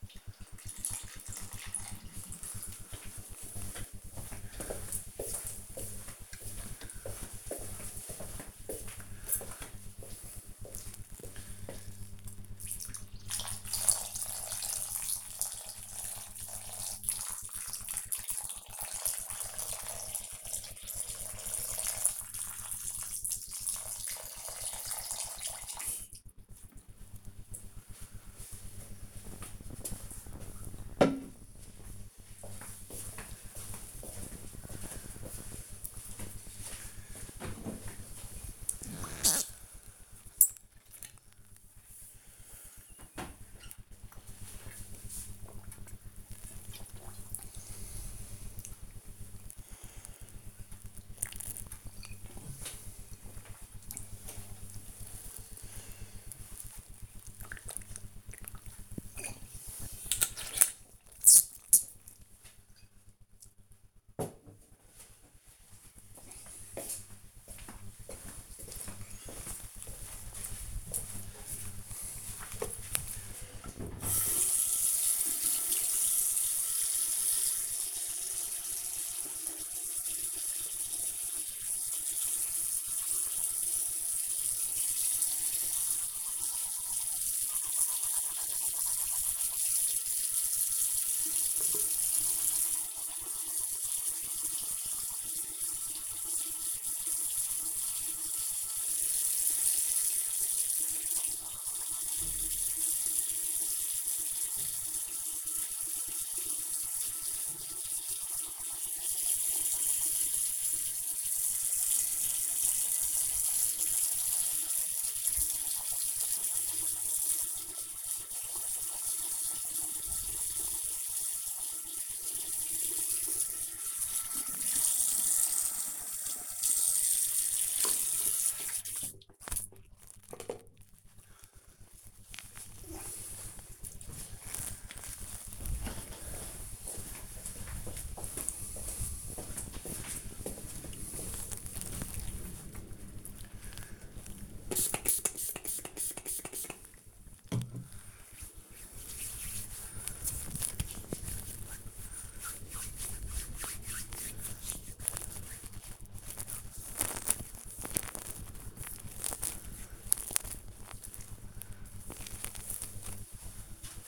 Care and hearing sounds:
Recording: household activities, microphone on the right wrist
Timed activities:
0.00-27.13 s: watering plant
40.20-59.33 s: drinking
75.47-129.85 s: brushing teeth
142.93-160.06 s: disinfecting hands

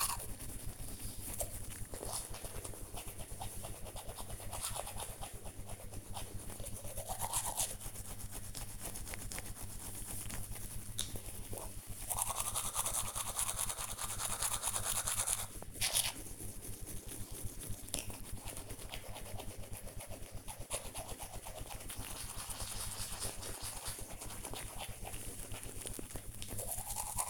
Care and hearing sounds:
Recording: household activities, microphone on the right wrist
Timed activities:
0.00-27.30 s: brushing teeth

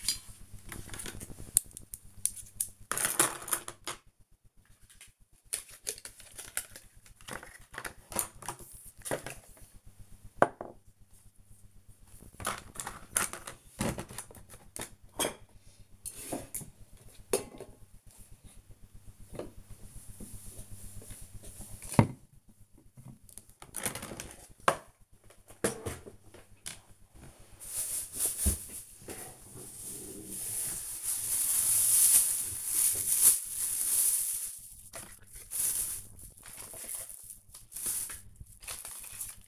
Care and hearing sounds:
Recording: household activities, microphone on the right wrist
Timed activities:
0.00-39.47 s: tidy up the cupboard

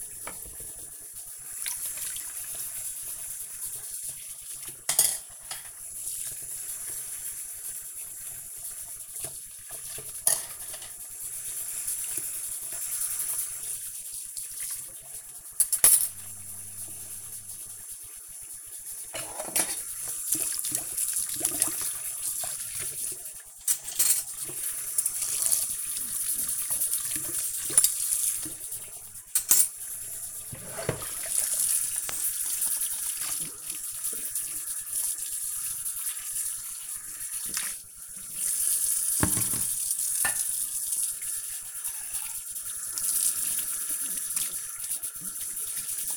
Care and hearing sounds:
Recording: household activities, microphone on the right wrist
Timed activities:
0.00-46.17 s: washing dishes

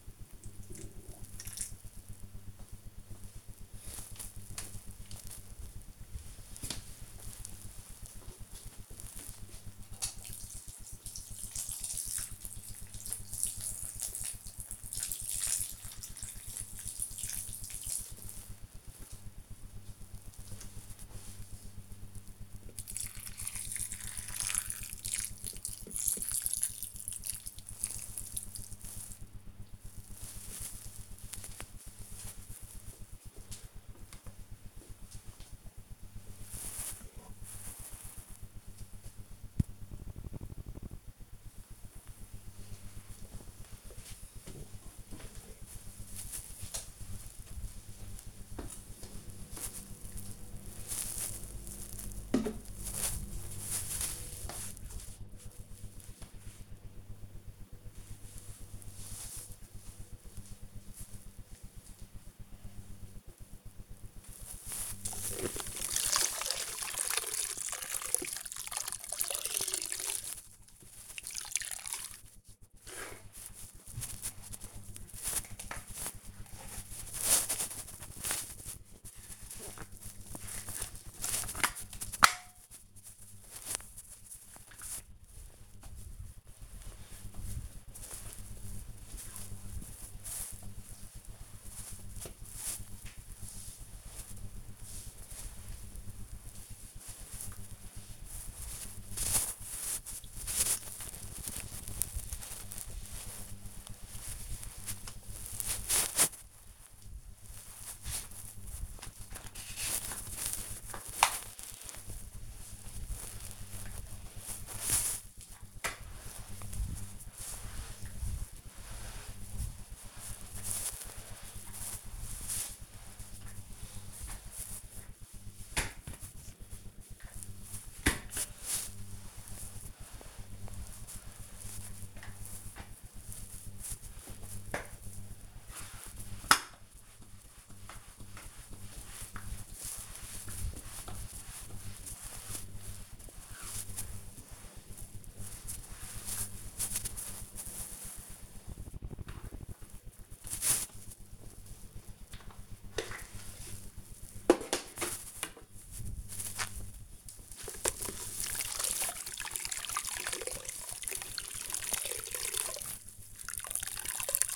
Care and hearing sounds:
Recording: household activities, microphone on the right wrist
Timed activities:
0.00-34.07 s: watering plant
63.29-164.56 s: floor cleaning

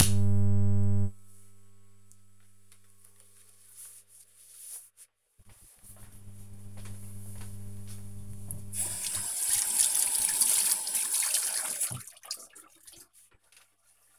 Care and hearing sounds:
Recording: household activities, microphone on the right wrist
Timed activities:
8.14-14.19 s: cleaning table

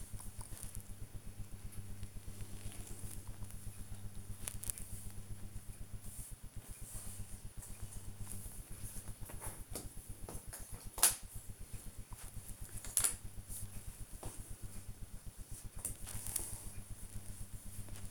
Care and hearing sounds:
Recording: household activities, microphone on the right wrist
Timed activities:
0.00-18.10 s: doing a puzzle

